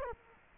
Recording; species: mosquito wingbeat signal from an infrared sensor; Culex quinquefasciatus